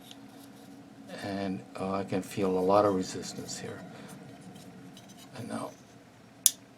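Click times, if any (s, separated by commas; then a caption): 6.5 s. Someone talks while pushing the metal locking mechanism of a Type 81 no-drill side optic mount into the mount on the rifle receiver against noticeable resistance. The lock snaps into place with one sharp snap at 6.5 s, and the mount is seated.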